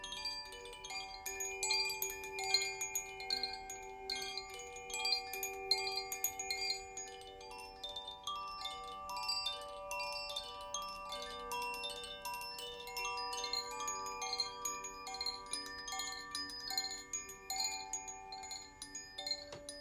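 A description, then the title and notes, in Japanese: Koshi chimes and Zaphir chimes ring continuously, their tuned metal tones overlapping into a shimmering, sustained wash. Bright, quick strikes sparkle densely on top throughout, while longer mid-pitched notes hang and fade beneath. The sound is steady, with no other noises behind it. 倍音 #コシチャイムとザフィアチャイム。一つ一つの意図を感じながら、チャイムを奏でました。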